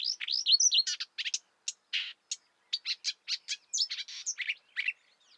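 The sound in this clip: Marsh warbler singing rapidly, mixing scratchy bursts, clear whistled slurs and short trills in a lively, jumbled sequence.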